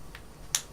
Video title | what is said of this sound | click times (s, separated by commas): Carry Methods for Every Day Citizens (HD) | and it snaps into place just like that and that's cool but | 0.6 s